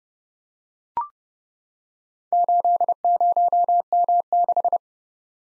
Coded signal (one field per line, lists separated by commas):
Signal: Morse code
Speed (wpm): 30 wpm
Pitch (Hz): 700 Hz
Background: none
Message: 80M6